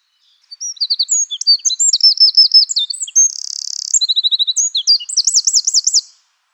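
Eurasian wren song: a loud, fast, high-pitched outpouring of varied chattering notes and rapid trills, including a dry buzzing rattle, running unbroken for about five seconds.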